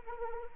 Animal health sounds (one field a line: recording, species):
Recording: mosquito wingbeat signal from an infrared sensor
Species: Anopheles arabiensis